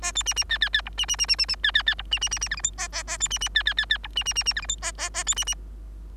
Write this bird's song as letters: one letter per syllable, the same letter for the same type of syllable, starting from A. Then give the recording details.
A B C C D D D E C C C C C C D D D E C C C C F G H A A A B C C D D D D E C C C C F G H A A A B C C. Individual Bird3